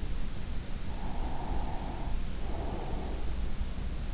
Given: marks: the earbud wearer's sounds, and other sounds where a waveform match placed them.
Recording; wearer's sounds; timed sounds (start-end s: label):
sounds in sleep by an in-ear microphone; breath
0.93-3.37 s: breath